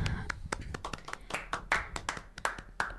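A small group applauds a poem, hands clapping in a quick, uneven patter of sharp, crisp smacks that overlap without a steady rhythm, holding at a moderate level throughout with no voices.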